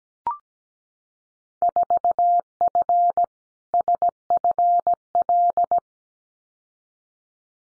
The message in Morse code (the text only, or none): 4F SFL